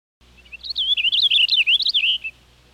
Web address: 101 Bird Songs. Purple Finch